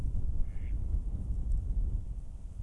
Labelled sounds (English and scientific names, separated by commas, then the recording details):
Mallard (Anas platyrhynchos)
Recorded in Germany
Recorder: ecoPi